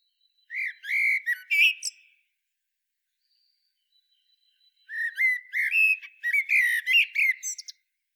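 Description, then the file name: Eurasian blackbird gives two song phrases: fluty, slightly wavering whistles running into squeaky high-pitched chatter, with a quiet pause of several seconds between them. "Turdus merula"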